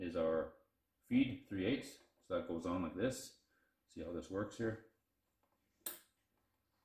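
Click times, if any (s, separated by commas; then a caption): 5.9 s. Someone talks while pushing a 3/8 inch fuel feed line quick-connect fitting onto a metal hard line, cleaned smooth with steel wool, as part of a Magnafuel MP-4303 return-style fuel system install in an LS Fox body car. After the talking stops, a single short, sharp click sounds at 5.9 s as the fitting seats, confirming it has clicked on.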